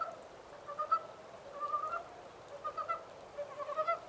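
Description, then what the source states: Montane brown frog calling in short bursts of soft, pulsed notes, clusters of quick chuckles roughly every second against a steady background hiss. Recorded 14 April 2010.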